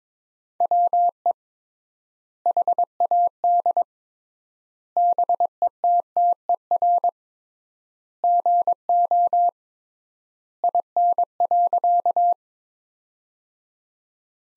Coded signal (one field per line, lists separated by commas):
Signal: Morse code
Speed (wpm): 22 wpm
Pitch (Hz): 700 Hz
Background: none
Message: WE HAD BETTER GO IN.